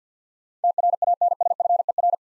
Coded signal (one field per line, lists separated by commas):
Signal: Morse code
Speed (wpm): 53 wpm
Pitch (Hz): 700 Hz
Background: none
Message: TRANSFER